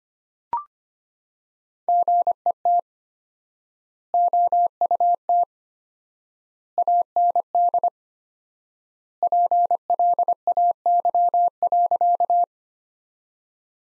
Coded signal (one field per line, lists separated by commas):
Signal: Morse code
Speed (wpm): 25 wpm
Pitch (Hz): 700 Hz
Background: none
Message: GET OUT AND PLAY.